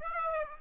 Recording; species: mosquito wingbeat signal from an infrared sensor; Aedes aegypti